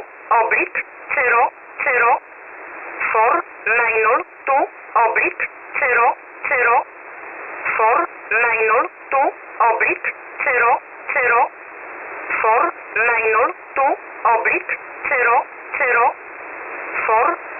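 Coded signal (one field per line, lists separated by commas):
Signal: numbers station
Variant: E11 Oblique, English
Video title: 28 08 2021 Number station E11 Oblique in English to Eu 0730 on 7377 unknown tx site in USB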